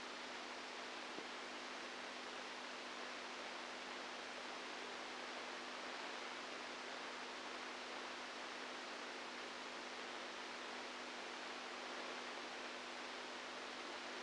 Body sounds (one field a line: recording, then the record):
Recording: brain microelectrode recording played as sound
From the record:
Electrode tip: outside the subthalamic nucleus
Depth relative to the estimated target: 1 mm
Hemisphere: right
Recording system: NeuroSet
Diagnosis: Parkinson's disease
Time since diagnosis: 10 years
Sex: female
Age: 67 years